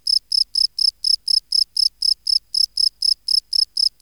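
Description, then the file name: Field cricket song of clean, high-pitched chirps in a steady series against a quiet background. "Gryllus campestris"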